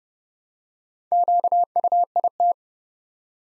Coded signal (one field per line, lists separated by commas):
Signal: Morse code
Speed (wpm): 30 wpm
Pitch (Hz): 700 Hz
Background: none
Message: QUIT